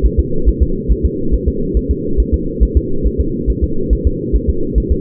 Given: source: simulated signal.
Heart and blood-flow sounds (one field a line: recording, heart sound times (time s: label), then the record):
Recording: fetal heart sounds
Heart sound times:
0.05 s: S1
0.20 s: S2
0.49 s: S1
0.62 s: S2
0.91 s: S1
1.05 s: S2
1.34 s: S1
1.48 s: S2
1.77 s: S1
1.91 s: S2
2.20 s: S1
2.34 s: S2
2.63 s: S1
2.77 s: S2
3.06 s: S1
3.20 s: S2
3.50 s: S1
3.64 s: S2
3.93 s: S1
4.07 s: S2
4.36 s: S1
4.49 s: S2
4.78 s: S1
4.92 s: S2
From the record:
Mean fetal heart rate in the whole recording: 140 bpm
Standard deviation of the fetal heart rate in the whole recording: 2 bpm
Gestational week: 34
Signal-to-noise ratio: -8.1 dB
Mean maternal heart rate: 72 bpm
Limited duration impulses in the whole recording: absent